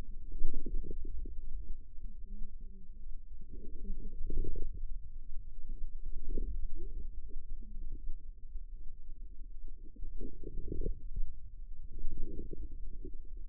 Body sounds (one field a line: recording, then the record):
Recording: forearm muscle sounds (acoustic myography)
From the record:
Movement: wrist flexion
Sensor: system 2, bracelet of six BSWA MPA416 microphones around the upper forearm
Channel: 6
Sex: female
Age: 25 years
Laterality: right